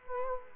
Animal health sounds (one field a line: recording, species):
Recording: mosquito wingbeat signal from an infrared sensor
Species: Culex quinquefasciatus